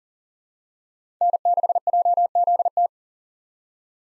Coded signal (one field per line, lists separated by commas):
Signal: Morse code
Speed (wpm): 40 wpm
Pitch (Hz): 700 Hz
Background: none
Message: N6JZT